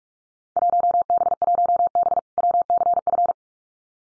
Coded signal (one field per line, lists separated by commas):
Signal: Morse code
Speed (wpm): 44 wpm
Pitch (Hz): 700 Hz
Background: none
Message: 1B1B WCF